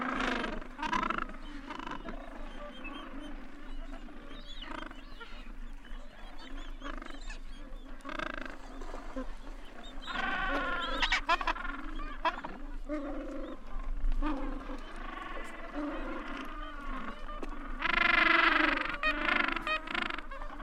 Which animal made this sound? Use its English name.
Gentoo Penguin